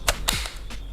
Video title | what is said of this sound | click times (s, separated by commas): SATU ALAT 3 FUNGSI❗ - REVIEW LENGKAP BLACK + DECKER MULTIEVO EVO185B1 - Canggih Tapi Lebih Murah | memasang baterai gampang banget tinggal kalian colokin aja dari bawah seperti ini kalian tekan Sampai bunyi klik Nah | 0.1 s, 0.3 s